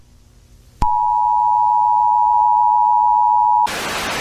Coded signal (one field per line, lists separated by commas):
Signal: Emergency Alert System (SAME) tones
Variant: 853 and 960 Hz attention tone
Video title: 2004 Indonesia EAS Alarm